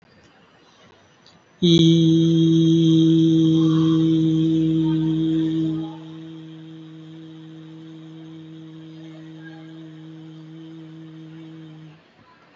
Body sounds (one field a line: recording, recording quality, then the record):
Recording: sustained vowel as in beet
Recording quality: excellent, no background noise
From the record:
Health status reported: recovered from COVID-19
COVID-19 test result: negative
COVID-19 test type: RT-PCR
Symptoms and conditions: cough, cold, breathing difficulty, asthma, chronic lung disease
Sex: male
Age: 37 years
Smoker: yes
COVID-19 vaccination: both doses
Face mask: not worn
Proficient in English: no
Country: India